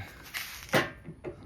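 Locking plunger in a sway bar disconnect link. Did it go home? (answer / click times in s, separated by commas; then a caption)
yes / 1.2 s. The spring-loaded locking plunger in a Jeep Rubicon sway bar disconnect link, fitted on a Sport model, is worked until it comes out far enough to lock. A low background hiss carries a brief burst near 0.4 s and a louder, broad burst around 0.75 s. A short, sharp click at 1.3 s marks the plunger locking into place, and it is seated.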